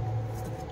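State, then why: Not seated. A metal camshaft timing lock tool is handled at the slot at the front of the camshaft on a Suzuki Brezza 1.3 diesel engine during a full overhaul. A low steady hum and faint scraping handling sounds are heard. Nothing has seated or clicked yet.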